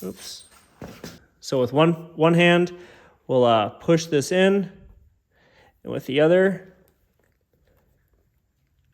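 Someone talks while holding the piston into the bore of a BMW Airhead motorcycle's front brake master cylinder with one hand and readying a metal snap ring clip for its groove with the other. Only faint, brief handling noises follow the talk, around 6.9 to 7.8 seconds. The snap ring has not yet snapped into its groove, and nothing has seated.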